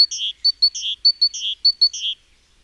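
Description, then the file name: Great tit with a rhythmic run of clipped high notes and grating buzzy churrs, about four cycles. "Parus major"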